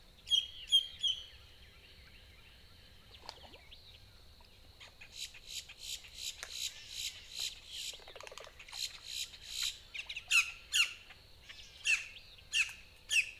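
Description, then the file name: Boat-tailed grackle: a few whistled notes, a quiet spell with clicks, then a long series of harsh rasping notes and sharp squawks, repeated rapidly. Recorded 14 April 2018. "2018-04-14 BTGR"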